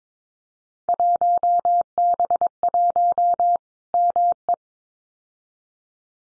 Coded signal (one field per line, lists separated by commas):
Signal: Morse code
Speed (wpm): 22 wpm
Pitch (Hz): 700 Hz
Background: none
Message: 1B1 ME